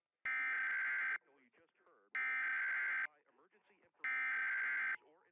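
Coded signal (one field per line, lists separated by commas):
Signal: Emergency Alert System (SAME) tones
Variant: header bursts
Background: speech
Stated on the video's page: National EAS test relayed by a television station in Champaign, Illinois.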